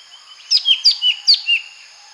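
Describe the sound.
Lesser green leafbird song: a quick run of six bright, sweet whistled notes, alternately high and slightly lower, over a steady faint background hiss.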